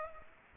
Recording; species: mosquito wingbeat signal from an infrared sensor; Aedes aegypti